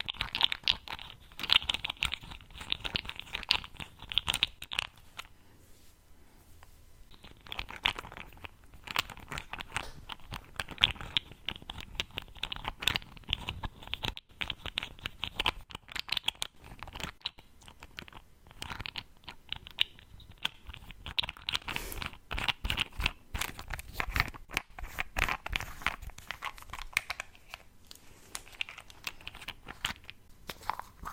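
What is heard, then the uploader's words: A lid is handled, giving dense, irregular clicks, crackles and crinkly scraping bursts that run almost the whole time. There is a brief lull around five to seven seconds and quieter patches near fifteen and twenty seconds. ASMR Lid Sounds.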